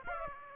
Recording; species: mosquito wingbeat signal from an infrared sensor; Aedes aegypti